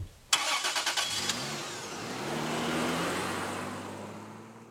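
A car's starter cranks in a quick run of rhythmic churns before the engine catches, settling into a steady low hum that swells slightly as the vehicle pulls away. No voices.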